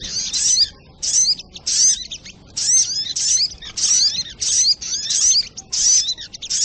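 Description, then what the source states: Spiderhunter song of shrill twittering phrases with slurred whistles, each burst under half a second, coming in a steady run with small silences between. Training song (masteran) of the bird called sogok ontong, in the style named Labaik.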